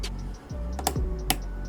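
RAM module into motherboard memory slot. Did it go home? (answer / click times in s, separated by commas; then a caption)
yes / 0.9 s, 1.3 s. A RAM module is pushed firmly down into a motherboard memory slot, and the retention clips snap closed with sharp clicks at 0.9 s and 1.3 s. The module is seated, with a steady low hum underneath and no talking in the clip.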